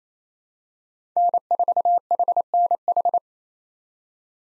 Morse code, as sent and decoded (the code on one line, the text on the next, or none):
-. ....- .... -. ....
N4HNH